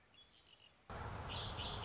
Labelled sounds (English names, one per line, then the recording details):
Red-winged Blackbird
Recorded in Sonoma County, California